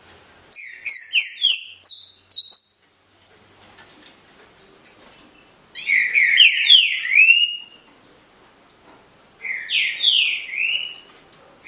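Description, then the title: Green-winged Saltator singing: a quick run of high, downward-slurred notes, then a tumbling series of loud, downward-slurred whistles, and a final short whistled phrase after a pause. 9-month-old young bird from a breeder in Cambé, Paraná, Brazil; song style labelled Voz 06. "Canto De Trinca Ferro Voz 06. FILHOTE COM 09 MESES CRIATÓRIO DO NEGO (Cambé Pr)"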